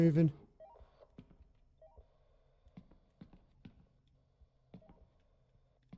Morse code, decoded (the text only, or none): none